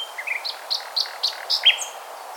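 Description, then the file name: Common nightingale singing a quick run of short, varied chirps and clear notes, stepping between lower and higher pitches, with faint background hiss. Recorded at Orwell Country Park on 11 May 2017 at 14:40. "170511-1440 nightingale orwell-country-park"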